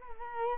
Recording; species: mosquito wingbeat signal from an infrared sensor; Culex quinquefasciatus